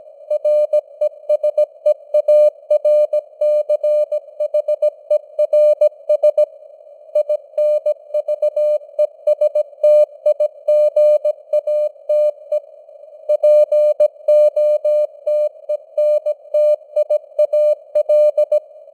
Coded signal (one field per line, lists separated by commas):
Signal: Morse code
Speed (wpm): 17 wpm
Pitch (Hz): 600 Hz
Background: none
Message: RESEARCHERS INVESTIGATE POTENTIAL